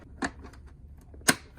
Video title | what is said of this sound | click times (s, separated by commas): NEW Cat Litter Hack? Unboxing the RED ROCKET PURRR and LITTER TWIST'R! 🐱🚀 | this just Clips right into here | 1.3 s